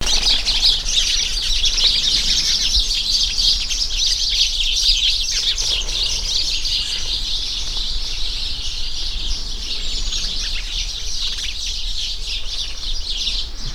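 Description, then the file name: House sparrows in a dense, continuous chorus of overlapping high chirps and chatter, with a steady low rumble underneath. "Passer domesticus"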